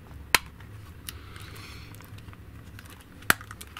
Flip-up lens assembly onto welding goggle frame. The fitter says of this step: reattachment is super simple it just clicks into place on the goggles